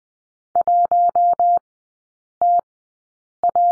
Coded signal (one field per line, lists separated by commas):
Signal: Morse code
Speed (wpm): 20 wpm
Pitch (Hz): 700 Hz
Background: none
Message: 1TA